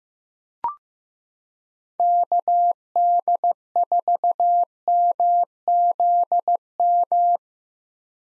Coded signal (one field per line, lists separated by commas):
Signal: Morse code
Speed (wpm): 15 wpm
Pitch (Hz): 700 Hz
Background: none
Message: KD4MZM